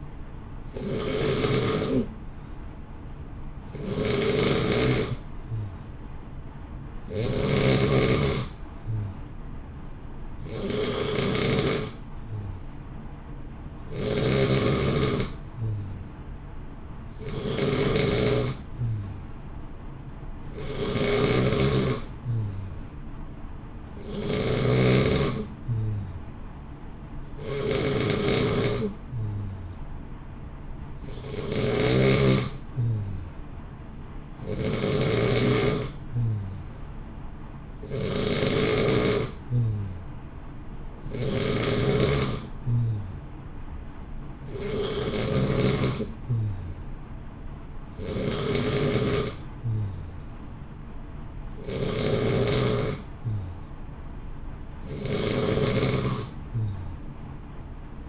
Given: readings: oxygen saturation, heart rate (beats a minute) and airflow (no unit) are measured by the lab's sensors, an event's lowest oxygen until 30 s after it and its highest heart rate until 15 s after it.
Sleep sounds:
breathing in sleep by a smartphone at the bedside; none
none scored
From the record:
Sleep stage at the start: N3 (deep sleep); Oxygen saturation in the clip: 88 to 91%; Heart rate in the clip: 59 to 63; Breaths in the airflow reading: 19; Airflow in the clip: -0.8 to 0.9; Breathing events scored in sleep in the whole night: 328 in 6.3 hours asleep

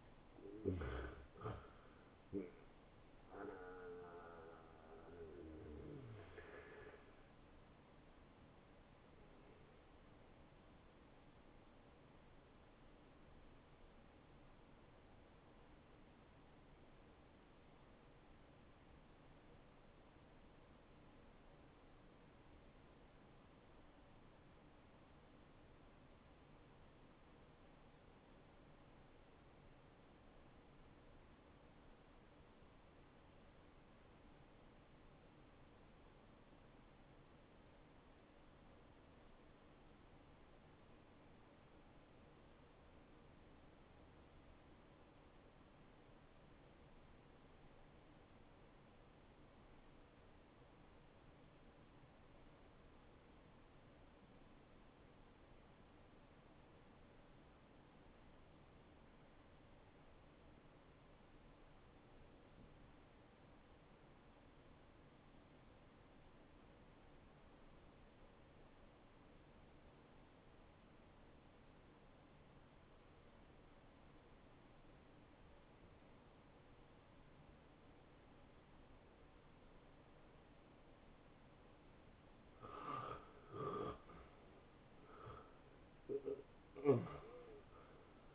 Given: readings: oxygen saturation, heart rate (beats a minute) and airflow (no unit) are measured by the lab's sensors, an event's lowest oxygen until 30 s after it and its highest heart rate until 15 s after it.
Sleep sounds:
breathing in sleep by a voice recorder at the bedside; 1
9.00-39.00 s: new sleep stage, N1 (lightest sleep)
15.00-81.30 s: hypopnea (N1, oxygen 96% highest, then 77% lowest, heart rate 73 at the start, 87 highest)
39.00-88.35 s: new sleep stage, N2 (light sleep)
From the record:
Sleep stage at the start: N2 (light sleep); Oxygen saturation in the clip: 81 to 96%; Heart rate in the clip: 54 to 85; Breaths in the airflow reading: 11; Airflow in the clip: -19.2 to 11.1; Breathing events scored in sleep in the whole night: 263 in 5.5 hours asleep

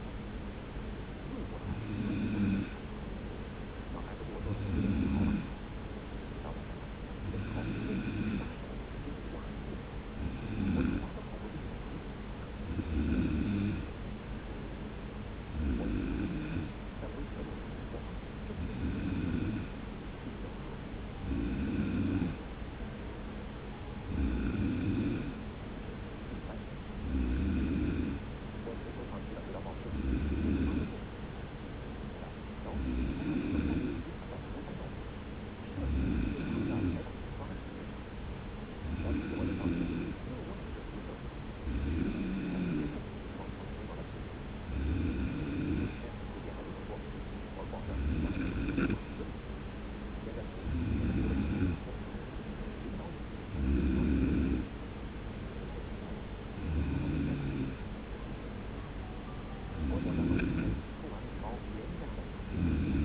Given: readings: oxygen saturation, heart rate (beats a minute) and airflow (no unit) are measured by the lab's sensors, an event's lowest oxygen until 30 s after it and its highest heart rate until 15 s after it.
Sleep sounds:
breathing in sleep by a voice recorder at the bedside; none
5.00-63.05 s: new sleep stage, N3 (deep sleep)
From the record:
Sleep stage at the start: N2 (light sleep); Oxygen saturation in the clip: 93 to 94%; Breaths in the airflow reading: 23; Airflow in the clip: -0.8 to 0.9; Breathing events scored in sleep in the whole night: 335 in 6.7 hours asleep

